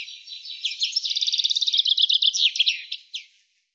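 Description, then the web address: Bird giving one continuous high phrase of rapid pulsed notes lasting over three seconds, ending in a few separate chips. "cianscape birddata Deverinetal 2025 Bird"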